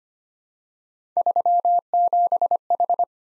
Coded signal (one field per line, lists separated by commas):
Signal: Morse code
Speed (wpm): 25 wpm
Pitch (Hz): 700 Hz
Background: none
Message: 37H